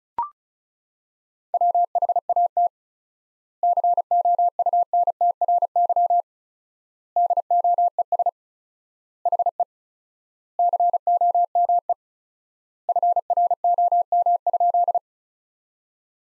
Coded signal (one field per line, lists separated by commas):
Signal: Morse code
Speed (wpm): 36 wpm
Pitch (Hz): 700 Hz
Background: none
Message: WHAT COUNTRY DOES HE COME FROM?